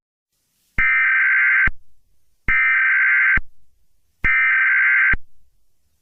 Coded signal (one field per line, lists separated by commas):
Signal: Emergency Alert System (SAME) tones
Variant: header bursts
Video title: eas scenario catemojibabyheat part 26 everyone is back